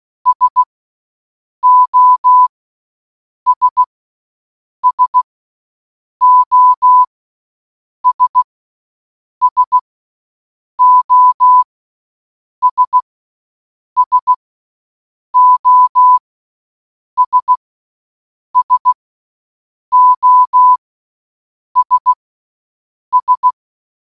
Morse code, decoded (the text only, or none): SOS SOS SOS SOS SOS S